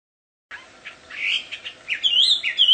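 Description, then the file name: Chinese hwamei song: a short burst of varied whistled notes, growing louder and ending in clear rising and falling whistles. Wild bird, singing in its natural habitat. "audio kicauan burung hwamei di alam liar. omkicau"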